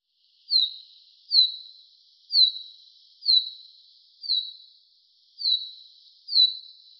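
Common chaffinch calling with clear, brief downslurred whistles, seven notes spaced roughly a second apart against near silence.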